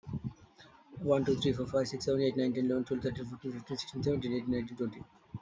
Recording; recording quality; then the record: counting at a fast pace; excellent, no background noise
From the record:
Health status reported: healthy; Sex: male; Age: 32 years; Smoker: no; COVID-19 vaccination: one dose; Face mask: not worn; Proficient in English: yes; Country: India